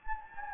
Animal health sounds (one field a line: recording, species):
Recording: mosquito wingbeat signal from an infrared sensor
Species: Anopheles gambiae